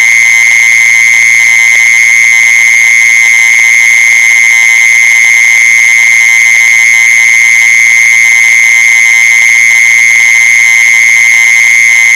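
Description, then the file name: Mole cricket trill, one steady unbroken high-pitched buzzing tone held throughout without pauses, with faint scattered clicks beneath. "tieng de trui de chui"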